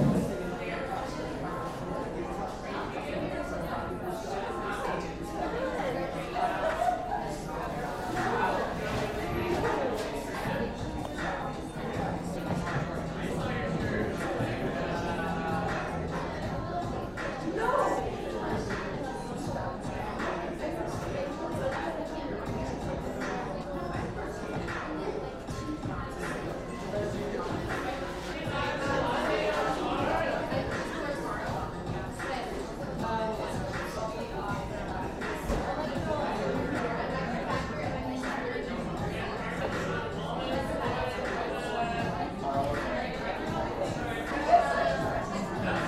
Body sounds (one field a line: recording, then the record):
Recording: background sound without coughing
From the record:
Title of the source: 60 minutes of coffee shop sounds for study and concentration